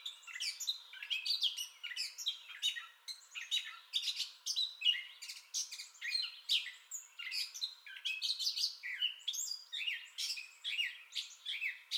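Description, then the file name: Gray catbird song of jumbled scratchy and squealing phrases, some harsh and buzzy, given in a continuous, hurried series. Entire song bout, 30 May 2021. "2021-05-30 Gray Catbird Entire Song Bout"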